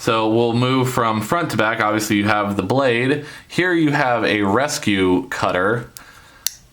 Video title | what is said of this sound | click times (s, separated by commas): Gerber Hinderer CLS - Combat Life Saver Knife | as you can hear it lock in so there is your rescue cutter | 6.5 s